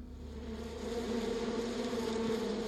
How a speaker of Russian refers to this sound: Я услышал жужжащий говор насекомых, и в лицо мне повеяло ласковым весенним утром.